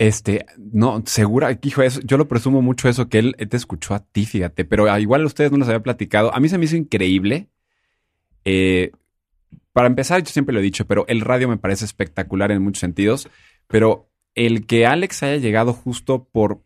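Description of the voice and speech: Adult male speaker talking conversationally in Spanish, with a normal voice.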